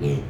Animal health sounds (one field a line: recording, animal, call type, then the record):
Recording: contact call of a hoofed animal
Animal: pig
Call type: closed-mouth grunt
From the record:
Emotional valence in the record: negative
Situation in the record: short social isolation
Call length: 0.30 s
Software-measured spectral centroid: 1640 Hz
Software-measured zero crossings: 630 a second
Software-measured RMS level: -24 dBFS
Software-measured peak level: -12 dBFS